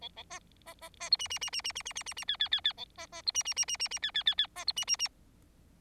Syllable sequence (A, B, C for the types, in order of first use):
A A B B B B C D D D D D D D D D D E E E E A B B C D D D D D D E E E E B C D D D